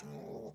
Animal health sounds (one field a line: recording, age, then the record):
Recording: pig call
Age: piglet (1 to 25 days)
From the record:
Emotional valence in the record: negative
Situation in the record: long isolation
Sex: male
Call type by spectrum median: low-frequency call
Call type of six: low-frequency stable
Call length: 0.54 s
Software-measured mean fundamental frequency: 72 Hz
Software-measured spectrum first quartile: 256 Hz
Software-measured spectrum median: 439 Hz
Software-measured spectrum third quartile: 815 Hz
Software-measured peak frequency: 425 Hz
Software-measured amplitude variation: 113 dB a second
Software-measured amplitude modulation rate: 28.5 a second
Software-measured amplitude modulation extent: 4.0 dB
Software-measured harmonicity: 0.5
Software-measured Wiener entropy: -0.12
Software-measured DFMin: 680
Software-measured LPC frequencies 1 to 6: 529, 2420, 3884, 5516, 6344, 7854 Hz